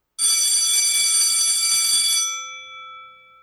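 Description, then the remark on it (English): A loud electric fire alarm bell rings continuously for about two seconds with a harsh metallic clatter, then cuts off, leaving bright ringing tones that fade away. “The alarm rings.”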